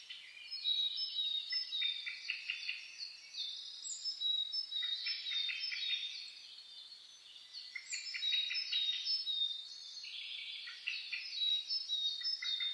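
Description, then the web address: Birds chorusing steadily, many high chirps, trills and thin whistles from different singers overlapping continuously, loudness rising and dipping in waves. Dawn chorus (reimei) of birdsong (saezuri), recorded 10 May 2010 at 04:01 with a DH-D50 recorder. "sounds data 2010 reimei DH-D 50-saezuri-20100510-0401"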